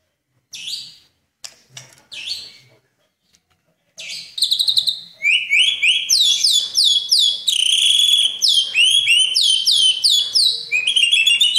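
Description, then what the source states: Oriental magpie-robin giving a few scattered high notes, then a fast continuous stream of sharp descending whistles and chattering trills. Chirping song.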